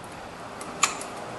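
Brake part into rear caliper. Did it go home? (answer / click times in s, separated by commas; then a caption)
yes / 0.8 s. A part is pushed all the way into the rear brake caliper of a Ford F150 during a rear brake and rotor replacement. Over a low, steady background hiss, a single sharp snap rings out at 0.8 seconds as it seats in place.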